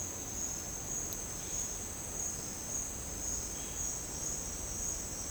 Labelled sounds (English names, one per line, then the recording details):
none
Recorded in secondary vegetation near Puerto Asís, Putumayo, Colombia, on 21 March 2025 at 10:00
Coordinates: 0.485, -76.322
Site G040